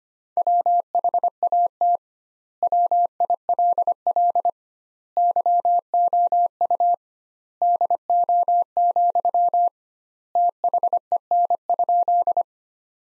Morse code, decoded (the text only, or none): WHAT WILL YOU DO, THEN?